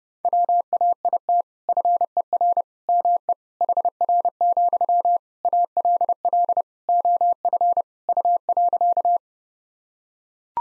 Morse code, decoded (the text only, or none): WAIT FER ME HR, ALL OF U.